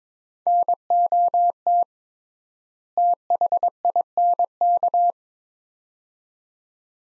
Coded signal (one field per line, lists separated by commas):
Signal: Morse code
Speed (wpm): 22 wpm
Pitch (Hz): 700 Hz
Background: none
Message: NOT THINK